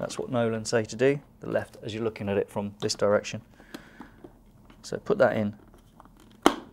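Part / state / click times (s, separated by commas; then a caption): motorcycle helmet visor lug into side plate runner / seated / 6.5 s. Someone talks while the left side of the visor on a Nolan N90-3 motorcycle helmet is pushed in so its lug seats into the runner of the side mechanism on the helmet shell. Faint handling ticks follow after the talking, and a sharp click at 6.5 s confirms the lug has seated.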